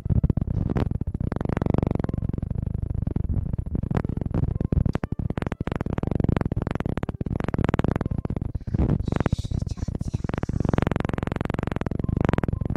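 Ear cleaning and ear massage sounds: dense, rubbing and crackling noise pressed right against the microphone, with heavy low rumble throughout. Bursts swell and fade every second or two, with sharper bright scratches clustering after about nine seconds.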